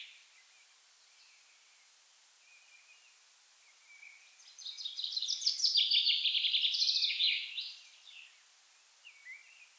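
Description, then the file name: Common chaffinch song: one bright, descending trill of quick notes lasting about three seconds midway, with a few faint chirps before and after. "Fringilla coelebs"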